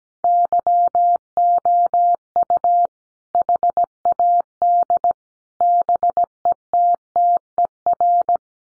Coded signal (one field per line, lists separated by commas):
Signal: Morse code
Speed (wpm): 17 wpm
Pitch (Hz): 700 Hz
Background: none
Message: YOU HAD BETTER